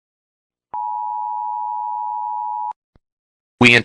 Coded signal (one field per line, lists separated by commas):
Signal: Emergency Alert System (SAME) tones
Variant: 853 and 960 Hz attention tone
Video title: Barney Error: EAS Edition